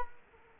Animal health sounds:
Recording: mosquito wingbeat signal from an infrared sensor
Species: Culex quinquefasciatus

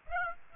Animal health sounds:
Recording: mosquito wingbeat signal from an infrared sensor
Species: Aedes aegypti

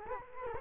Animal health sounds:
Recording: mosquito wingbeat signal from an infrared sensor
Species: Culex quinquefasciatus

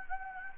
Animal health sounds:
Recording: mosquito wingbeat signal from an infrared sensor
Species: Anopheles gambiae

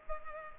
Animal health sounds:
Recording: mosquito wingbeat signal from an infrared sensor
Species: Culex pipiens

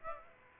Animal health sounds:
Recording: mosquito wingbeat signal from an infrared sensor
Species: Aedes aegypti

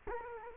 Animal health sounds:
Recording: mosquito wingbeat signal from an infrared sensor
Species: Culex quinquefasciatus

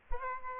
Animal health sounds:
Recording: mosquito wingbeat signal from an infrared sensor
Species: Aedes aegypti

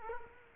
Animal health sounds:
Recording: mosquito wingbeat signal from an infrared sensor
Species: Culex quinquefasciatus

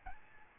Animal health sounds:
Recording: mosquito wingbeat signal from an infrared sensor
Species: Aedes albopictus

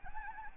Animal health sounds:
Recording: mosquito wingbeat signal from an infrared sensor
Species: Anopheles arabiensis

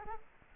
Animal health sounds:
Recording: mosquito wingbeat signal from an infrared sensor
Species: Culex quinquefasciatus

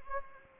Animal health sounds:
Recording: mosquito wingbeat signal from an infrared sensor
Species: Anopheles gambiae

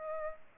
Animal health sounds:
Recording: mosquito wingbeat signal from an infrared sensor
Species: Aedes aegypti

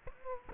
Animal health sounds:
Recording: mosquito wingbeat signal from an infrared sensor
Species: Culex quinquefasciatus

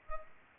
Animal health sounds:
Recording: mosquito wingbeat signal from an infrared sensor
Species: Culex pipiens

